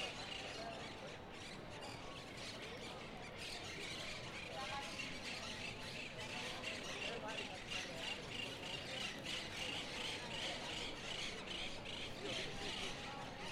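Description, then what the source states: Birds calling in a dense, continuous chorus of harsh chatter over a noisy background, with no clear pauses throughout. Recorded in Seville.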